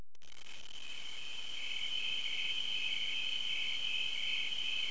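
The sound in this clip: Cricket trilling, a continuous high, steady ringing trill that runs unbroken throughout, with a faint hiss beneath.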